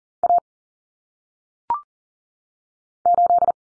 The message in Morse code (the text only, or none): A 8